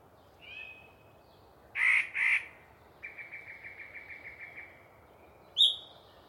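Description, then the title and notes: Yellow-breasted chat song: a soft whistle, two harsh explosive notes, a quick series of even chattering notes, then one sharp high note. Long pre-dawn song by one very chatty bird in deciduous cover near the microphones. "A Very Chatty Yellow-breasted Chat. A particularly chatty Yellow-breasted Chat provides us a long pre-Dawn soliloquy while hanging out in some deciduous coverage"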